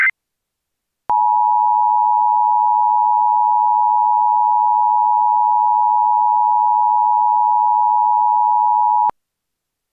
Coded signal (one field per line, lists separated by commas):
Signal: Emergency Alert System (SAME) tones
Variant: 853 and 960 Hz attention tone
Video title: EAS Civil Emergency Message Murray County, Minnesota -All Highways Closed- (SUV Sized Snow Drifts!)